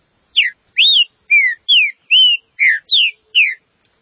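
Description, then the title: Green-winged saltator singing eight clear whistled notes, varied upward and downward slurs in a brisk, even sequence. "Trinca Ferro"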